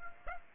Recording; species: mosquito wingbeat signal from an infrared sensor; Aedes aegypti